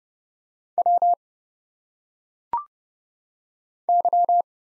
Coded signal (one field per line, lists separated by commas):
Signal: Morse code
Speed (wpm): 31 wpm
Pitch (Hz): 700 Hz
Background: none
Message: W Y